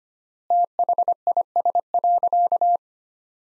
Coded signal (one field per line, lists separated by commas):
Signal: Morse code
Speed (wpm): 25 wpm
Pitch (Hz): 700 Hz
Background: none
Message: THIS.